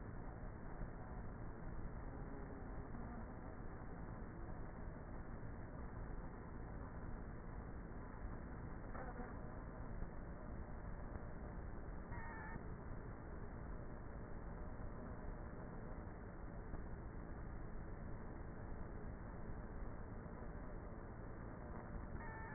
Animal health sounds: honeybee colony, microphone inside the hive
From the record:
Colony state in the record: queenless with a low population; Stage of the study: before two queens were removed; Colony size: about 30,000 bees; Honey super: no

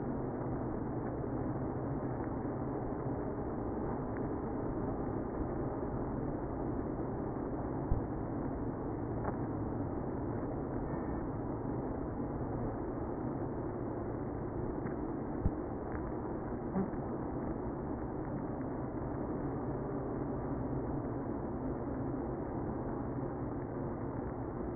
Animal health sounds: honeybee colony, microphone inside the hive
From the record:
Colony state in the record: queenless (queen removed); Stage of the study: after two queens were removed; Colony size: about 60,000 bees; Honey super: yes

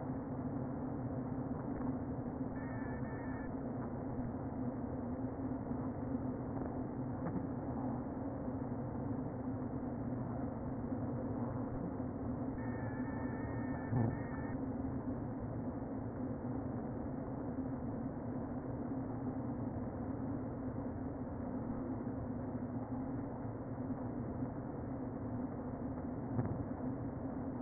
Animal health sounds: honeybee colony, microphone inside the hive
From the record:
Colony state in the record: queen present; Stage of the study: before two queens were removed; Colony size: about 60,000 bees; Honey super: yes

